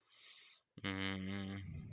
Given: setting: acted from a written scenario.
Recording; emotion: vocal sound without words; romantic love